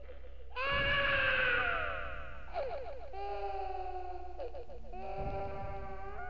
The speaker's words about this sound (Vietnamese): Cô Thao hét lên kinh hãi.